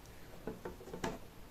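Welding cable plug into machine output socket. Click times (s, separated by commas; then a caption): 1.0 s. A welding cable plug is pushed straight into the output socket on a welding machine's panel along its key slot, then twisted. Two faint ticks come at about 0.5 and 0.7 seconds, followed by a sharper, louder click at 1.0 seconds as the twist-lock connector locks into the socket.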